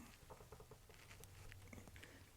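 A threaded brass mortise lock cylinder is deliberately forced into the mortise lock body to damage its threads. Faint, regular ticks are heard as it turns, with distinct clicks at 1.2, 1.5, 1.7 and 2.0 seconds. The cylinder ends up cross-threaded, with its threads stripped.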